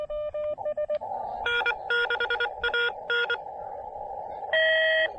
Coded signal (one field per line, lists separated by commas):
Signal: Morse code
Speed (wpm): 24 wpm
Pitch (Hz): 1430 Hz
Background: none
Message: N6AN